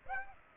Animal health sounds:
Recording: mosquito wingbeat signal from an infrared sensor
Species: Aedes aegypti

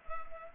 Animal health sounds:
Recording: mosquito wingbeat signal from an infrared sensor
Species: Culex pipiens

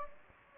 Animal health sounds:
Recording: mosquito wingbeat signal from an infrared sensor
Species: Anopheles gambiae

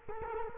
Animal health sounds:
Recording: mosquito wingbeat signal from an infrared sensor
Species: Culex quinquefasciatus

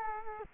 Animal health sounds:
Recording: mosquito wingbeat signal from an infrared sensor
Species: Culex quinquefasciatus

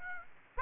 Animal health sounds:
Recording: mosquito wingbeat signal from an infrared sensor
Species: Aedes aegypti

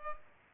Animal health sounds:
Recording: mosquito wingbeat signal from an infrared sensor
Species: Culex pipiens

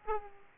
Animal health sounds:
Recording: mosquito wingbeat signal from an infrared sensor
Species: Aedes aegypti

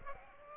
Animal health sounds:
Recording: mosquito wingbeat signal from an infrared sensor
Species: Aedes aegypti

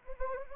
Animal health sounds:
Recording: mosquito wingbeat signal from an infrared sensor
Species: Anopheles arabiensis

